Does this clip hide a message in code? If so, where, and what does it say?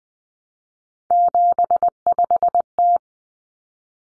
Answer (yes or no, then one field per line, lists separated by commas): yes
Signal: Morse code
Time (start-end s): 1.1-3.0 s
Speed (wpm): 20 wpm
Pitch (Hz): 700 Hz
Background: none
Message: 75T